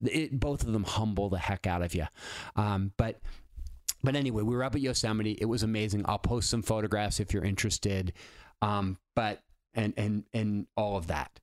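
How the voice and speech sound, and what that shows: An adult man speaks mostly fluently, then breaks into repeated, drawn-out 'and… and… and' before 'all of that': a stammering moment.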